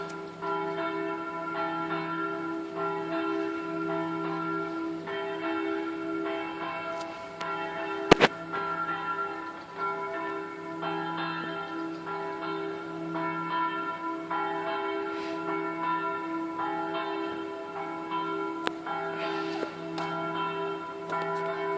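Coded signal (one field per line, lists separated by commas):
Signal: bell signal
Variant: swing ringing (distesa)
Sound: a single church bell ringing continuously with a rich sustained hum and overtones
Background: brief knock or click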